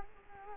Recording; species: mosquito wingbeat signal from an infrared sensor; Culex quinquefasciatus